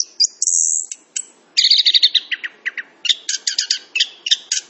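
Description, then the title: Orange-headed thrush song: a fast, varied run of high chirps, trills and short whistled notes, with brief pauses between bursts of sharp repeated notes. Singing actively and loudly (gacor). "Anis Kembang Gacor. Kicau Anis Kembang"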